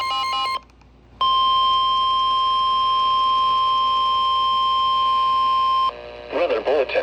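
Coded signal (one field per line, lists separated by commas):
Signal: Emergency Alert System (SAME) tones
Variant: 1050 Hz attention tone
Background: speech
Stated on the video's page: Severe thunderstorm warnings received on NOAA weather radio.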